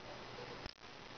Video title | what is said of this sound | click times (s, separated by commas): fun with bucky 1 | kind of got to fiddle with a little bit and it'll they'll all click in you'll hear them hear them actually click it sounds like a very positive when they set in | 0.7 s